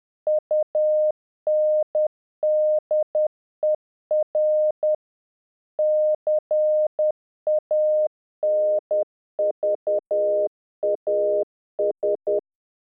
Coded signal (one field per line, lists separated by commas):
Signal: Morse code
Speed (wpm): 10 wpm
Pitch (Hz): 610 Hz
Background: none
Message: UNDER CANVAS